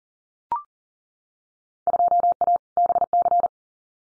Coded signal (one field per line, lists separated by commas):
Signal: Morse code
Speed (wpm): 41 wpm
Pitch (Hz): 700 Hz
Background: none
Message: 2A BC